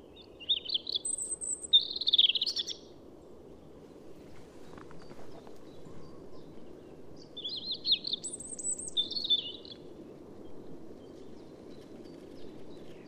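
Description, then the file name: European robin song in two separate short phrases, each a quick cluster of high twittering and squeaky notes, with long quiet stretches of low steady noise between. "Erithacus rubecula"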